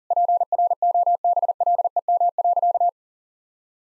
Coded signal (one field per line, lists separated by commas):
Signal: Morse code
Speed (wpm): 40 wpm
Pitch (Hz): 700 Hz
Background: none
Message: PROBLEM.